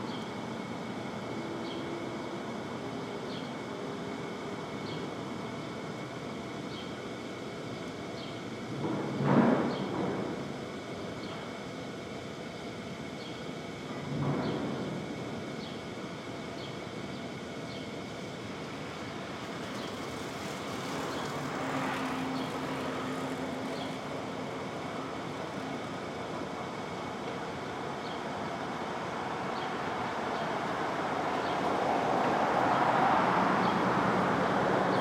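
Street traffic in open air: a steady rumbling wash of vehicles runs throughout, with a faint repeating tick. Two louder passing swells rise around 9 and 14 seconds, and another vehicle builds and grows brighter near the end.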